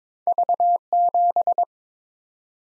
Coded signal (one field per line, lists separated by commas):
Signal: Morse code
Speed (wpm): 22 wpm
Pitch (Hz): 700 Hz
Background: none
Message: V7